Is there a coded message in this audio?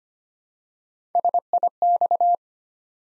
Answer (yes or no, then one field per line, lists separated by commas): yes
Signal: Morse code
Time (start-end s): 1.1-2.4 s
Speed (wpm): 25 wpm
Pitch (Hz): 700 Hz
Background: none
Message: SIX